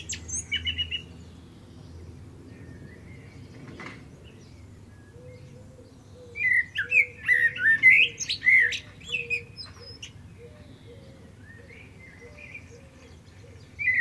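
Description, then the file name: Common blackbird song phrase of mellow whistles and higher squeaky notes, with brief notes before and fainter ones after, over a low hum. "Turdus merula"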